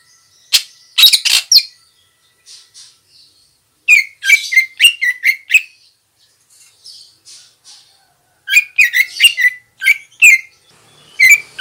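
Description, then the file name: Greater green leafbird calls: clusters of sharp, buzzy chirps with harsh noisy bursts, given in several bouts, with soft quieter notes between. Female. "suara burung cucak ijo betina"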